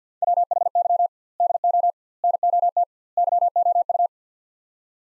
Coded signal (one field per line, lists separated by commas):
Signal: Morse code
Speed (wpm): 50 wpm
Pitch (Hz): 700 Hz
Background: none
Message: WHY DO NOT YOU